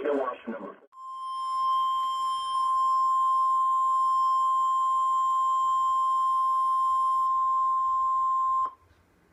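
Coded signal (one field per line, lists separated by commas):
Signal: Emergency Alert System (SAME) tones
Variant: 1050 Hz attention tone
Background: speech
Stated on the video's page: Real EAS alerts (Tornado Watches, Tornado Warning, Flood Warnings, Severe Thunderstorm Warnings) received on NOAA Weather Radio.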